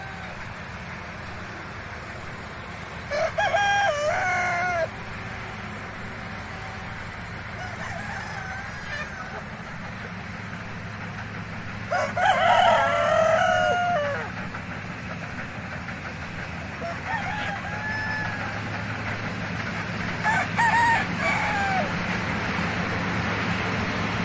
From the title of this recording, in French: A la ferme avec ses animaux